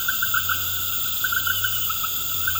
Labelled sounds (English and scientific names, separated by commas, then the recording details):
none
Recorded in pastures near Puerto Asís, Putumayo, Colombia, on 19 March 2025 at 19:30
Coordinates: 0.472, -76.329
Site G074